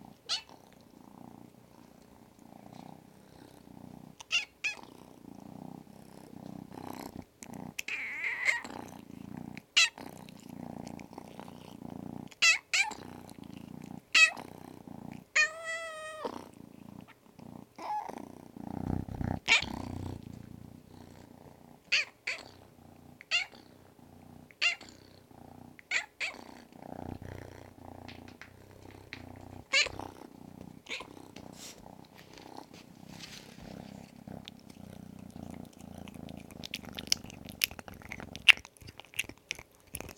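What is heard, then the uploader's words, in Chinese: A cat purrs steadily for the whole stretch, a low, continuous rumble. Sharp little clicks and taps are scattered throughout, and short meows break in around 8 and 16 seconds, the second one higher and wavering. 这期比较特殊，是小耳朵的呼噜和叫声。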